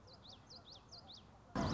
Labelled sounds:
Common Yellowthroat
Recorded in Sonoma County, California

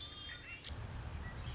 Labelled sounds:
Red-winged Blackbird
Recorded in Sonoma County, California

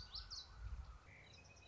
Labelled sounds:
Common Yellowthroat
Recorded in Sonoma County, California

